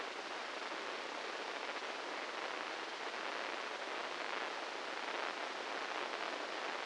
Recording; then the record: brain microelectrode recording played as sound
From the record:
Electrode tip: inside the subthalamic nucleus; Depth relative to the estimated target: -4 mm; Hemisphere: right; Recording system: NeuroSet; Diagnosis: Parkinson's disease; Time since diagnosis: 8 years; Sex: male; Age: 58 years